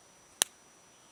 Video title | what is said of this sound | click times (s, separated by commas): Thank You Caregivers & Books | So you just snap it like that, and then it's shut. | 0.4 s